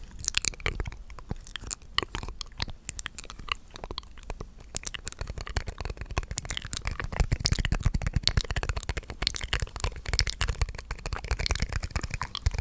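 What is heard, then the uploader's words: Wet, sticky mouth sounds crackle and smack in a dense, irregular stream of sharp clicks and pops, with chewing-like crunches mixed in. The pace picks up after about six seconds, getting busier and slightly louder toward the end. ASMR The MOST Extreme MOUTH Sounds For TINGLE Immunity & Sleep.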